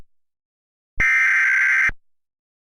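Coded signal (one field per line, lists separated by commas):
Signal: Emergency Alert System (SAME) tones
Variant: header bursts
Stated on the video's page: Unfinished fictional EAS scenario, a simulated alert.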